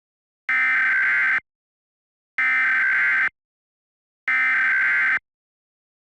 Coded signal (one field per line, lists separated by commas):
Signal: Emergency Alert System (SAME) tones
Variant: header bursts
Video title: DirectTV EAS Test